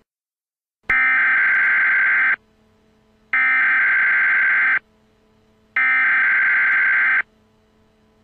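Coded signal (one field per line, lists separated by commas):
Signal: Emergency Alert System (SAME) tones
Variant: header bursts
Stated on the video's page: Fictional custom EAS scenario, not real, about freezing temperatures.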